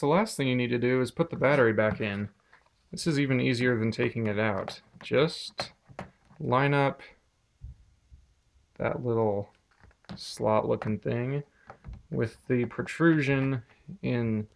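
A battery pack is lined up with its slot against the protrusion in an IBM ThinkPad T40/41/42(p) laptop chassis, ready to be pushed back in. Someone talks throughout, with a few faint handling sounds in the pauses. Nothing has seated or clicked yet.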